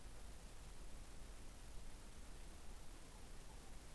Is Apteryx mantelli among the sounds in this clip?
no